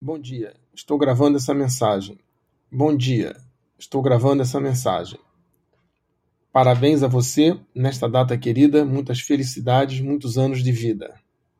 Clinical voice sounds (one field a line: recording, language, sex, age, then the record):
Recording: short text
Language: Brazilian Portuguese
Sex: male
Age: 60 to 69 years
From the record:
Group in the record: control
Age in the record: 63 years